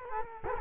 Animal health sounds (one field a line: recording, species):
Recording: mosquito wingbeat signal from an infrared sensor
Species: Culex quinquefasciatus